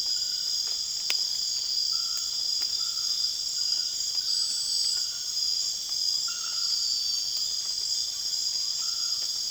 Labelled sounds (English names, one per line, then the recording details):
none
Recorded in secondary vegetation near Puerto Asís, Putumayo, Colombia, on 30 June 2025 at 20:30
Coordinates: 0.485, -76.322
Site GP06